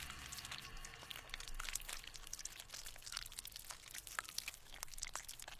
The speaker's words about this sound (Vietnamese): Bàn tay kia ném thẳng Thể Nguyệt vào miệng của người đá. Cô chỉ kêu lên thất thanh, rồi nghe tiếng cái miệng phát ra âm thanh rào rạo. Thể Nguyệt hoàn toàn bị nghiền nát.